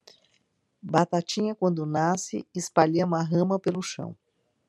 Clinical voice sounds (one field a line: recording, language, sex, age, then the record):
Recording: short text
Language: Brazilian Portuguese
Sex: female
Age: 60 to 69 years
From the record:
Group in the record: control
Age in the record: 63 years